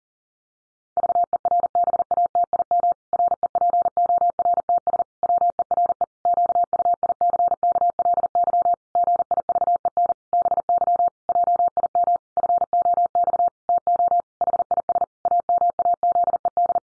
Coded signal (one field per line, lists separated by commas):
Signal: Morse code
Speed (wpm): 37 wpm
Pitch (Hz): 700 Hz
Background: none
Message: VERBATIM REPORTS WERE QUICKLY GIVEN BY JIM FOX TO HIS AMAZED